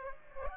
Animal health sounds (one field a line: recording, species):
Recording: mosquito wingbeat signal from an infrared sensor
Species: Aedes aegypti